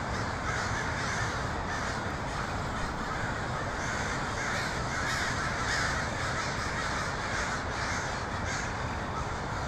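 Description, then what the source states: Crows cawing as a dense flock, many harsh overlapping caws merging into a steady, unbroken roar with no pauses. Portland, 23 October 2018.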